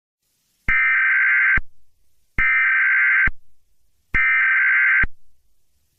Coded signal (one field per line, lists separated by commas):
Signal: Emergency Alert System (SAME) tones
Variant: header bursts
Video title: EAS Scenario #21: FireBall